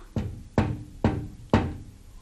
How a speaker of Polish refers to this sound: Czy mi się wydawało? Albo śnił? Czy ktoś pukał do okna?